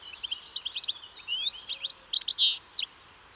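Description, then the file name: European goldfinch twittering song, a continuous rapid jumble of high tinkling and slurred notes lasting about three seconds. "Carduelis carduelis"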